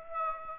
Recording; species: mosquito wingbeat signal from an infrared sensor; Aedes aegypti